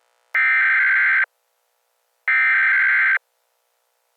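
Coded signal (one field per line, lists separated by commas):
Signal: Emergency Alert System (SAME) tones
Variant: header bursts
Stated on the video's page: Fictional EAS scenario.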